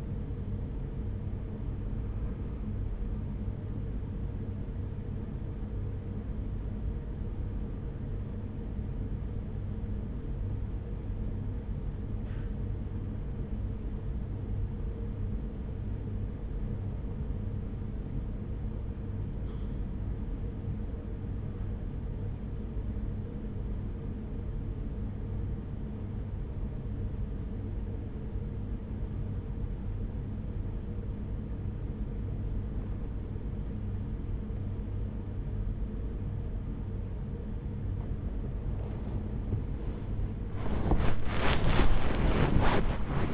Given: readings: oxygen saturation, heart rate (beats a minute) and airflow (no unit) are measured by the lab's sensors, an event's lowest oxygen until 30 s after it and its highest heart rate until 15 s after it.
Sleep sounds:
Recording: breathing in sleep by a smartphone at the bedside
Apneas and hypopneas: 1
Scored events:
6.00-39.20 s: hypopnea (N1, oxygen 97% highest, then 95% lowest)
16.00-43.34 s: new sleep stage, N2 (light sleep)
From the record:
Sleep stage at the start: N1 (lightest sleep)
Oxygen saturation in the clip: 89 to 97%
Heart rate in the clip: 40 to 52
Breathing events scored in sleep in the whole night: 210 in 6.9 hours asleep

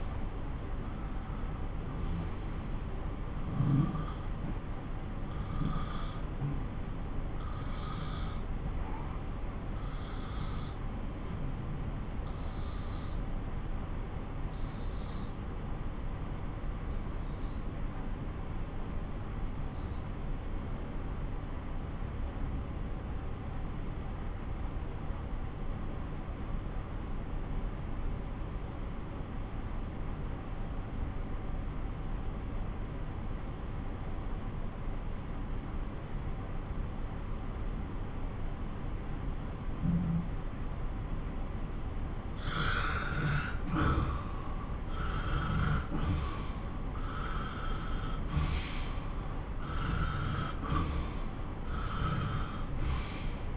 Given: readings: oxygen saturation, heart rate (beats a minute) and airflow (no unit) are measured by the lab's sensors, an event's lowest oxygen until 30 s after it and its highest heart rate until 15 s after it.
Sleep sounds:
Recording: breathing in sleep by a smartphone at the bedside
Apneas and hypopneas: 1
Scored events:
7.00-42.30 s: obstructive apnea (N2, oxygen 97% highest, then 90% lowest)
39.00-53.57 s: new sleep stage, N1 (lightest sleep)
From the record:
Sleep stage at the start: N2 (light sleep)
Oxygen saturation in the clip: 94 to 97%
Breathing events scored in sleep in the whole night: 217 in 6.3 hours asleep

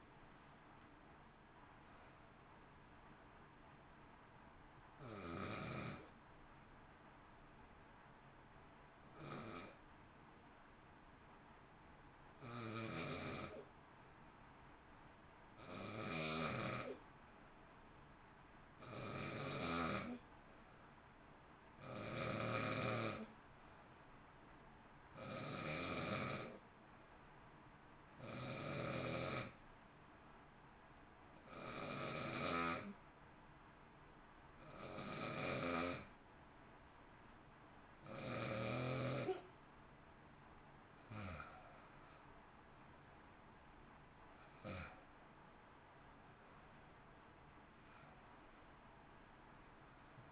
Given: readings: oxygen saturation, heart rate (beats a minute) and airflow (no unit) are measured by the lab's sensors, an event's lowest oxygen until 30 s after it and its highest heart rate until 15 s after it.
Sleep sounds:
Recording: breathing in sleep by a voice recorder at the bedside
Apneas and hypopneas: 1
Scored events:
5.00-25.50 s: hypopnea (N1, oxygen 96% highest, then 90% lowest, heart rate 63 at the start, 63 highest)
From the record:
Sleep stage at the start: N1 (lightest sleep)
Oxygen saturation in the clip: 90 to 96%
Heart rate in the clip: 53 to 66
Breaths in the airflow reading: 27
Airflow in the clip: -0.9 to 0.9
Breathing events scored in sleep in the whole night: 328 in 6.3 hours asleep

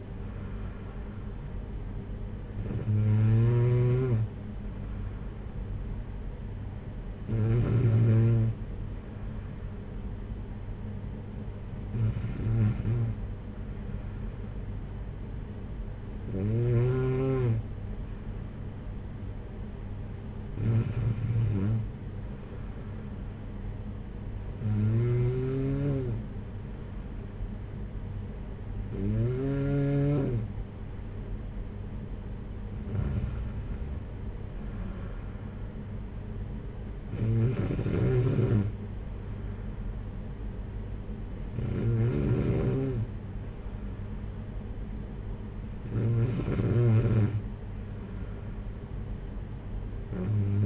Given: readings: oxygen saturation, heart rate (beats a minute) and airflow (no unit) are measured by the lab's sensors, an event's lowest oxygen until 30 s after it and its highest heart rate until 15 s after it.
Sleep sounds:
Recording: breathing in sleep by a smartphone at the bedside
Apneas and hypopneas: none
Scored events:
none scored
From the record:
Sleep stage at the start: N2 (light sleep)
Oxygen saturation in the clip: 93 to 94%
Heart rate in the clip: 51 to 58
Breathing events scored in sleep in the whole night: 226 in 8.8 hours asleep

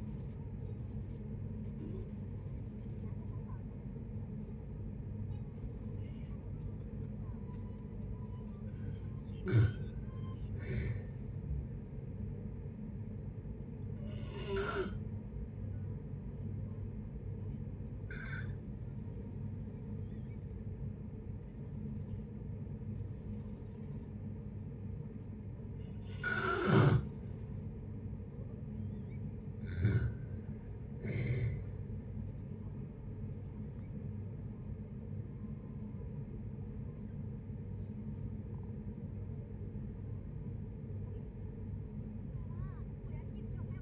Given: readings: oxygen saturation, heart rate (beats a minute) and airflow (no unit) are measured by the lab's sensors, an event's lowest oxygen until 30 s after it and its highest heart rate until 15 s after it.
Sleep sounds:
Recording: a person awake in a sleep study, by a smartphone at the bedside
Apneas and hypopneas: none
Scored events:
0.00-43.82 s: awake
0.00-43.82 s: awake
From the record:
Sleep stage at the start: awake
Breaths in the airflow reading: 15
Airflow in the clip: -0.7 to 0.7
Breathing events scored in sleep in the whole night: 496 in 5.4 hours asleep

